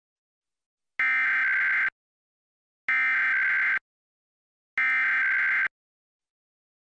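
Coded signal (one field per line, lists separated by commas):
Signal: Emergency Alert System (SAME) tones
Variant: header bursts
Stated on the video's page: Monthly EAS tests, mostly required monthly tests, from TV stations; encoders are DASDEC-IIs unless noted.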